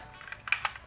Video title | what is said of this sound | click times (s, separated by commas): Lexus SC400/300 Climate LCD Repair (Step By Step) | these are aligned all in the holes. Okay. And then you should hear it. | 0.5 s, 0.6 s